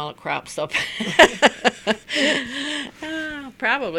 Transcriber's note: they laugh